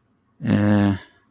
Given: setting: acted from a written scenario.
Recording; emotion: vocal sound without words; shame